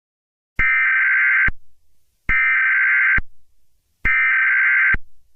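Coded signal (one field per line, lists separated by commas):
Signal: Emergency Alert System (SAME) tones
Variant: header bursts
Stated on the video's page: Simulated EAS scenario using valid SAME tones.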